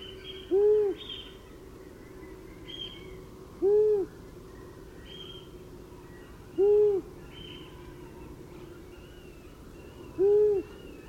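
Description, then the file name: Long-eared owl repeats four low hoo notes, one roughly every three seconds, with higher chirping birds calling in the background. "Gufo Comune"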